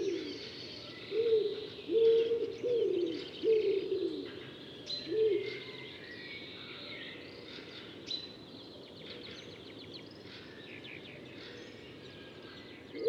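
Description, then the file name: Common wood pigeon giving a series of muffled, throaty coos for about five seconds, then falling silent until one more coo begins at the very end, while songbirds keep twittering faintly behind. "Ringdue"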